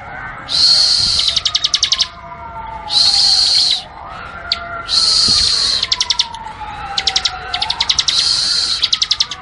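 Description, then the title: Bar-winged prinia song: high, rapid buzzy trills in bursts of about a second, with a slow sliding siren-like tone rising and falling underneath. Tutor recording from 2019 for training birds, covering the semi and crystal varieties. "Masteran 2019 Cisem Ciblek Semi Dan Cikris Ciblek Kristal"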